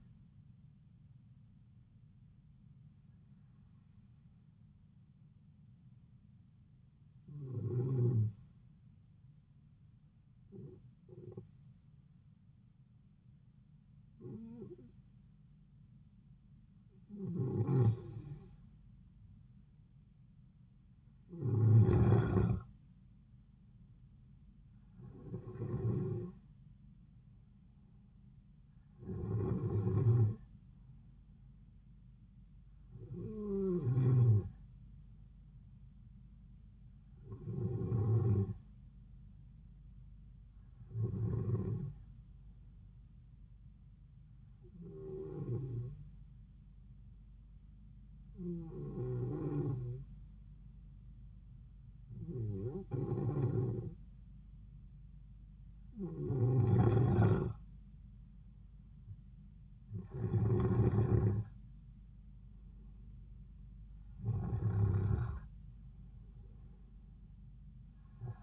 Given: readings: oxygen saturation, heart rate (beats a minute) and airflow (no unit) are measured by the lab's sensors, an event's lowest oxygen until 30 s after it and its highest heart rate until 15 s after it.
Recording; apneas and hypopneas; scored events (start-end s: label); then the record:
breathing in sleep by a smartphone at the bedside; 2
7.00-27.30 s: hypopnea (N2, oxygen 95% highest, then 91% lowest)
44.00-58.60 s: hypopnea (N2, oxygen 94% highest, then 91% lowest)
From the record:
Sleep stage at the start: N2 (light sleep); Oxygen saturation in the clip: 91 to 95%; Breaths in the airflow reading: 18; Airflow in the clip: -3.9 to 3.9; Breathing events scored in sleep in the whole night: 270 in 6.1 hours asleep